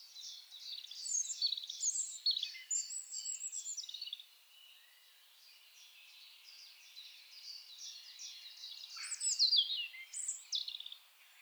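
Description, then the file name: European robin song in two bursts of high, jangling, rapidly varied notes separated by a quieter stretch. "Erithacus rubecula"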